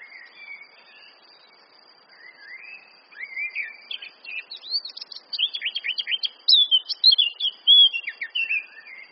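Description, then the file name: Eurasian blackcap song, starting with soft low twittering, then swelling into loud fluty whistles and rapid warbled phrases. "Sylvia atricapilla"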